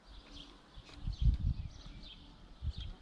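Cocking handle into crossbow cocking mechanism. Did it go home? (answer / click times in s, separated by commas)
no / none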